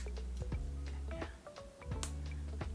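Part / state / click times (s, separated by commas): plastic figure part into figure body socket / not seated / none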